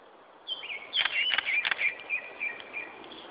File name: Turdus cardis